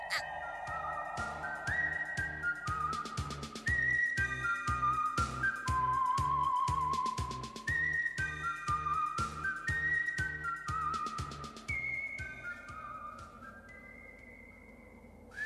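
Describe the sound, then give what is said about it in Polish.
A person whistles a song in a clear, high melody that moves through steady sustained notes, rising and falling, over a rhythmic pulsing accompaniment that keeps a regular beat throughout. “Tę, przy której tańczył duży smok. Szybko! Panie Piccolo, szybko, zacznij gwizdać.”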